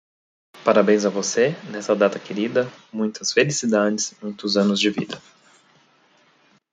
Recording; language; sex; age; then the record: short text; Brazilian Portuguese; male; 40 to 49 years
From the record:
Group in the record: control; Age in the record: 43 years